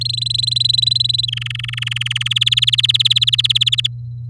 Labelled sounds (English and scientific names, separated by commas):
Domestic Canary (Serinus canaria) song